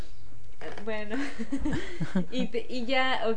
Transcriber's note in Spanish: risas